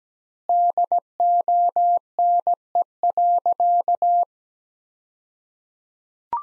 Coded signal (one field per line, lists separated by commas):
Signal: Morse code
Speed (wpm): 17 wpm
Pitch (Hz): 700 Hz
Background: none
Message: DONE.